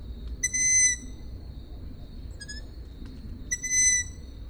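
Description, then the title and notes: Owl calls: two loud, level whistled squeaks about three seconds apart, with a softer, shorter squeak in the gap and a steady hiss behind. Owls, more than one, recorded at Židlochovice. "Sovy, Židlochovice, natočeno. Sovy v Židlochovicích, nahrál Tomáš Šenkyřík"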